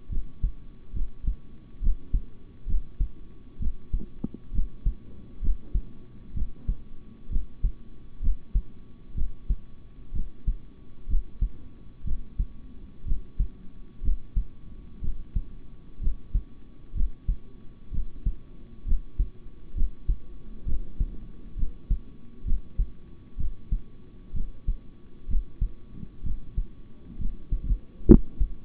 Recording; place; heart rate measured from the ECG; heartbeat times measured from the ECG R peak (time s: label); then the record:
heart sounds by stethoscope; between the tricuspid and mitral areas; 64 bpm
0.09 s: heartbeat
0.93 s: heartbeat
1.80 s: heartbeat
2.66 s: heartbeat
3.59 s: heartbeat
4.52 s: heartbeat
5.41 s: heartbeat
6.34 s: heartbeat
7.29 s: heartbeat
8.21 s: heartbeat
9.14 s: heartbeat
10.12 s: heartbeat
11.07 s: heartbeat
12.04 s: heartbeat
13.05 s: heartbeat
14.02 s: heartbeat
15.01 s: heartbeat
16.00 s: heartbeat
16.94 s: heartbeat
17.91 s: heartbeat
18.85 s: heartbeat
19.74 s: heartbeat
20.65 s: heartbeat
21.56 s: heartbeat
22.44 s: heartbeat
23.37 s: heartbeat
24.33 s: heartbeat
25.27 s: heartbeat
26.23 s: heartbeat
27.18 s: heartbeat
28.07 s: heartbeat
From the record:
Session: rest, sitting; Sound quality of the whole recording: good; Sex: male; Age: 26 years